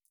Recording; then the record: hydrophone in a shrimp aquaculture tank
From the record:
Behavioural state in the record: feeding